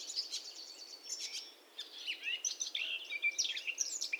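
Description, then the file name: Eurasian blackcap song, a fast jumbled warble of scratchy and clearer high notes running continuously with a brief dip mid-way, over faint background hiss. "Sylvia atricapilla"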